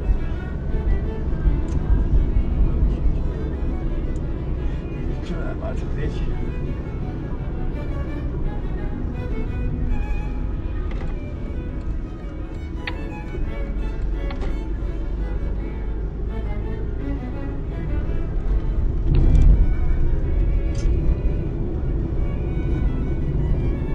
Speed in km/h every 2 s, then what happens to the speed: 52, 53, 50, 47, 44, 32, 29, 35, 40, 40, 43, 48.
0-11 slows to 29. 11-24 speeds up to 48.